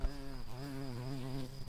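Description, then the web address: Garden bumblebee buzz: a steady low droning hum with rich stacked harmonics, wavering slightly in pitch for under two seconds, over a faint constant high whine. Queen. "bumblebees sounds Hortorum-queens"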